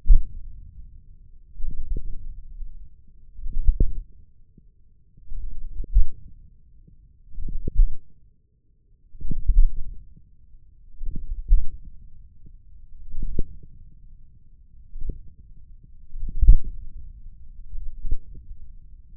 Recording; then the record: forearm muscle sounds (acoustic myography)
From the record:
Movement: wrist extension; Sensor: system 1, eight BSWA MPA416 microphones around the upper forearm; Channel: 8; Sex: male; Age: 28 years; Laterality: right